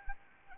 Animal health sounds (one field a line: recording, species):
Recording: mosquito wingbeat signal from an infrared sensor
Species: Anopheles arabiensis